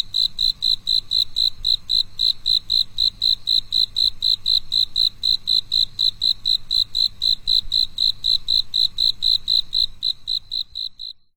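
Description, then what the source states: Cricket singing a long, steady run of high, regular chirps, roughly four a second, stopping just before the end; faint low background hum. A single cricket singing alone on a quiet night.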